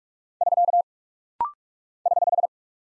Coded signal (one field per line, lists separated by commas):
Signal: Morse code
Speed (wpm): 44 wpm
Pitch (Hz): 700 Hz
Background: none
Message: <SK> <HH>